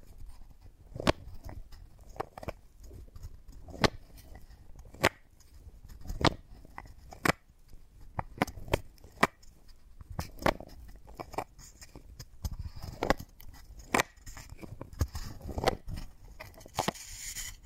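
Wooden balls knock and clack in sharp, irregular taps, roughly one or two per second, over faint rustling handling sounds throughout.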